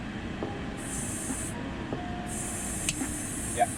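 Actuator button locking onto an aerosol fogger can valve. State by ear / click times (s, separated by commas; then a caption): seated / 2.9 s. The actuator button on a total-release aerosol fogger can for a car cabin odor treatment is pressed down until it clicks at 2.9 s and locks in the spraying position. Bursts of high-pitched spray hiss come before and after the click, and the actuator stays locked down.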